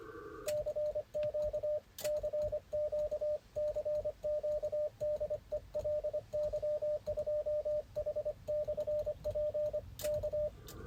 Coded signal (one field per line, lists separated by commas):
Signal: Morse code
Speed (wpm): 26 wpm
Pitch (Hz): 600 Hz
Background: radio noise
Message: CQ CQ CQ DE LY2H/P K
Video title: Icom IC-705 in action: a classical CW/SSB VHF/UHF Field Day. Solo operation off-grid!